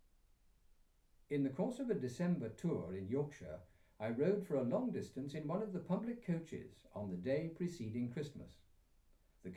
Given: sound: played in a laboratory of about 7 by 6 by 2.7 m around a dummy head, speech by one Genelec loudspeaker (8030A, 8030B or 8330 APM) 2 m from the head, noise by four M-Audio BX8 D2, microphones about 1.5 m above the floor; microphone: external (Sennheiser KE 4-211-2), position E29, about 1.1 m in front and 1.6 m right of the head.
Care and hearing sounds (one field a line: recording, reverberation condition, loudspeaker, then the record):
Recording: male speech in English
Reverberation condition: low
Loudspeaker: in front (0 degrees)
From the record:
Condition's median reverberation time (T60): about 310 ms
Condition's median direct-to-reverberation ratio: about 3.5 dB